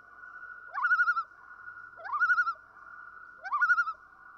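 Common loon gives three calls, each sliding upward then trembling in a fast, wavering quaver over a constant tone.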